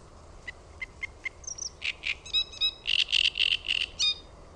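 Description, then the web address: Great reed warbler song: a few quiet notes, then a loud series of gruff, rasping notes, ending with a sharper squeaky note. "OMAT AANITYKSET RASTASKERTTUNEN"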